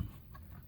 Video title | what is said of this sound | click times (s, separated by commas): Dewalt Tough System 2.0 Drawer Box Vs. Packout | Nice click, close. It cannot open. | 0.4 s